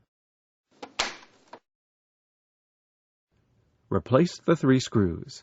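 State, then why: Seated. The plastic rear cover of an HP Pavilion Omni 200-5000 all-in-one desktop PC is aligned on the unit and pressed firmly until its tabs snap into place. Short snaps are heard around 0.8 s, 1.0 s and 1.5 s, with the loudest at 1.0 s, where the cover seats. After a pause, someone talks.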